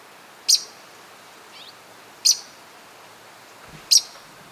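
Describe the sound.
Bird calls: three sharp, high chip notes spaced nearly two seconds apart, with a faint soft note between the first two, over quiet background hiss.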